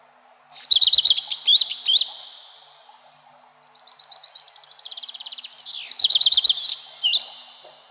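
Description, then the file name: Common Redstart song, two loud high twittering phrases of fast chirped notes, the second introduced by a softer run of repeated notes. "Golosa ptic - Gorihvostka lysushka"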